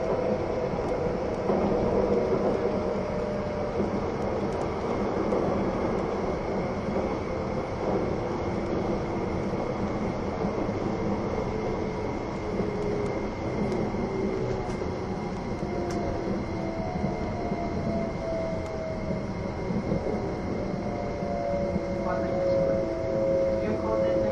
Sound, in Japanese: 走行音